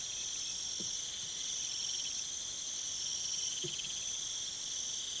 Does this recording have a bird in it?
no